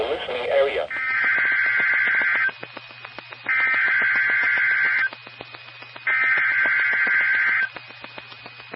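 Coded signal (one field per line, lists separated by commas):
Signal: Emergency Alert System (SAME) tones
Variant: header bursts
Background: speech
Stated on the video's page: Flood Warnings and Severe Thunderstorm Warnings for the Ohio Valley Region, from NOAA Weather Radio stations in Columbus and Miamisburg, Ohio.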